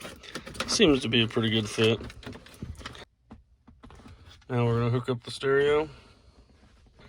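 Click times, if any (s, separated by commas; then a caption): none. A car stereo head unit is being handled at the custom 3D-printed plastic adapter bezel in the dash while someone talks. Short, faint ticks and taps come through around 2.5 to 3.9 seconds between the speech. Nothing has seated or clicked into place yet.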